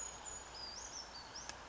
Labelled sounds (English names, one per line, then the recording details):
Brown Creeper
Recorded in Sonoma County, California